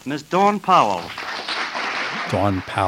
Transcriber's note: applause